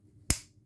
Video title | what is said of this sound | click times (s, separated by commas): Sog Terminus | i mean you could just hear that it snaps in | 0.3 s